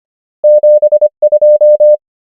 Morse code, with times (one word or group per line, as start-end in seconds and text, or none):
0.4-1.1 7
1.2-2.0 2